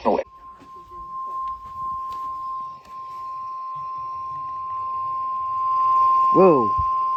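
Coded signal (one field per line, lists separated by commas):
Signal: Emergency Alert System (SAME) tones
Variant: 1050 Hz attention tone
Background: speech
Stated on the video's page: Real EAS alerts.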